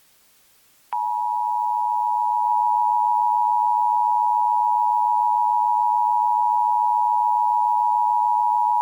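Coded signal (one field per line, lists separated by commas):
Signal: Emergency Alert System (SAME) tones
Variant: 853 and 960 Hz attention tone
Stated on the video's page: Fictional simulated EAS alert about an alien invasion.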